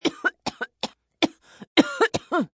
Sick sound effects human element female middle age cough wheeze.